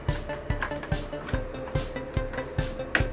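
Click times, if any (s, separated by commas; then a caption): 3.0 s. The second air filter is fitted into a Blue Star split AC indoor unit and pressed in, snapping home with a short, sharp click at 2.9 s. Before that, a steady background of rhythmic, music-like thumps continues. The filter is seated and locked.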